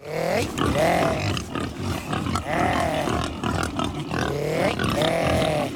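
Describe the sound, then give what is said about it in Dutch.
Iberian black pigs, dark grey with black legs, grunt and squeal in three recurring bursts, rising and falling, over a steady rough background of snuffling and shuffling noise, in southern Spain, with no talking. “Deze dieren hebben weinig te maken met die roze varkentjes die wij in Nederland kennen.”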